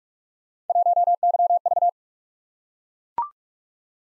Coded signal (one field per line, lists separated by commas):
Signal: Morse code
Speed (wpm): 44 wpm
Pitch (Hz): 700 Hz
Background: none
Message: 1YV